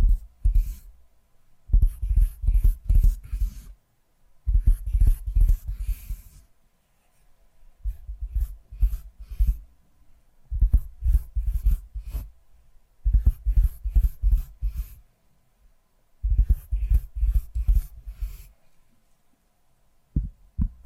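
ASMR tapping comes in short flurries of quick taps and clicks, each lasting one to two seconds and separated by brief silences. The taps have a soft low thump with crisp, scratchy edges, and the pattern repeats steadily through to the end.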